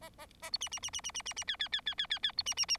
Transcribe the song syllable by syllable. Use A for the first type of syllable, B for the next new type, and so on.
A A A B C C C C C C C C D D D D D D D B C C C